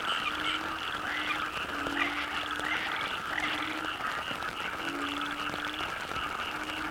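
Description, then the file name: Dense frog chorus with continuous overlapping croaks and pulsed notes, an even wash of calling throughout. Frogs in the Cherating wetlands, Malaysia; wetland soundscape. "yamaha frogs cherating wetlands"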